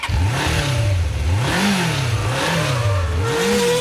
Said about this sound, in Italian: Adesso, per chiudere, accendiamo i motori.